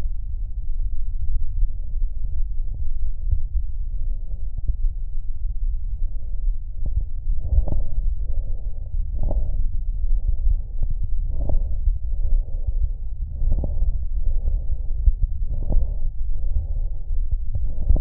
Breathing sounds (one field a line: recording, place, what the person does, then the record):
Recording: lung sounds by stethoscope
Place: right anterior apical chest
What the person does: quiet breathing, then deep breathing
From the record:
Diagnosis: COPD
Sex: male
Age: 72 years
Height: 172 cm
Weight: 58.6 kg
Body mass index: 19.8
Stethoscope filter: extended mode